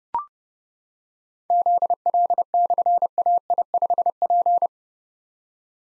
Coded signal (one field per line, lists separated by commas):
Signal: Morse code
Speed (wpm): 30 wpm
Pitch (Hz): 700 Hz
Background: none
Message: ZL/AI5P